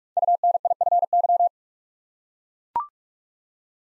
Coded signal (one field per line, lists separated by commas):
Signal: Morse code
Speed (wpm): 44 wpm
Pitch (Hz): 700 Hz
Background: none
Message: UNIFY